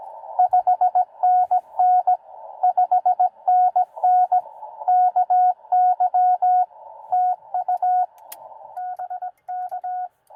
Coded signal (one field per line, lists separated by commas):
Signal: Morse code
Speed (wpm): 20 wpm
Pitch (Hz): 730 Hz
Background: radio noise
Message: 5NN 5NN KY TU BK